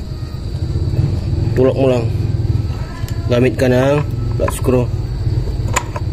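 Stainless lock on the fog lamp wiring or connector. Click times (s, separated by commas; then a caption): 5.8 s. During a fog lamp install on a 2001 Toyota Altis 1.8G, a stainless lock on the fog lamp wiring or connector is pushed down and pressed in with a flat screwdriver until it locks. Over a steady low rumble, someone talks, and then a sharp click at 5.8 s marks the lock snapping shut and seating.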